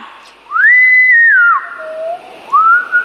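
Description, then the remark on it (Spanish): A bright, cheerful whistled tune, alone: a long high note that slides down to a low dip, then swoops back up into short lively notes at the end. “Silbó con alegría.”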